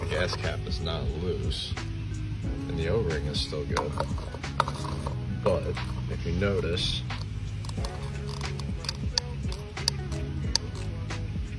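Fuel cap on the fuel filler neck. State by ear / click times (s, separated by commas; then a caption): not seated / none. A fuel cap is turned on the fuel filler neck to tighten it while someone talks over background music; the cap is not loose and its O-ring is still good. Its ratchet does not click at all, because the cap was overtightened and cracked.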